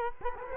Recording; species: mosquito wingbeat signal from an infrared sensor; Culex quinquefasciatus